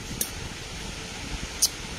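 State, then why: Seated. A small key lock on a jewelry box lid is worked with its key, and the lock clicks shut. Two short, sharp clicks land at 0.2 s and 1.6 s over a steady low background hum.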